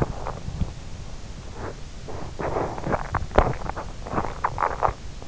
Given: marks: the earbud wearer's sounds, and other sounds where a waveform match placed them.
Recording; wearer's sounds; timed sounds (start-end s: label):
sounds in sleep by an in-ear microphone; teeth grinding
1.98-5.07 s: teeth grinding